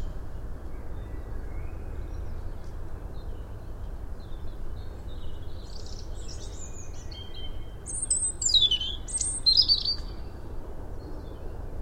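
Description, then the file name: European robin song: soft high notes building into a louder phrase of sharp, tumbling whistles near the end, over a persistent low hiss. "Erithacus rubecula"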